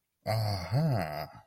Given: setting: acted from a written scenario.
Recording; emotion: vocal sound without words; interest